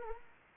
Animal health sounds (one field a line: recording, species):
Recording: mosquito wingbeat signal from an infrared sensor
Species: Anopheles arabiensis